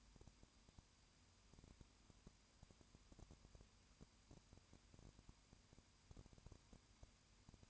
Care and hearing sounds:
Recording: daily activity, microphone in the room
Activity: no activity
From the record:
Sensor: 2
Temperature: 20.8 degrees Celsius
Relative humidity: 38.3%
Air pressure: 1010.4 hPa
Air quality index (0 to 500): 200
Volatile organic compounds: 19 ppm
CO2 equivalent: 2646 ppm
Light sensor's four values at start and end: 2/3/2/2 and 2/3/2/2

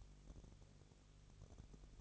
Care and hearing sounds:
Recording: daily activity, microphone in the room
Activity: no activity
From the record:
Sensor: 4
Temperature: 22.3 degrees Celsius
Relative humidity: 32.8%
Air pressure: 1002.0 hPa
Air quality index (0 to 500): 185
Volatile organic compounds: 4 ppm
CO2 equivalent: 1635 ppm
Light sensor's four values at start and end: 2/3/1/1 and 2/3/1/1

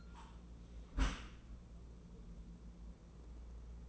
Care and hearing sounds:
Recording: daily activity, microphone in the room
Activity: close dishwasher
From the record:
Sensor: 1

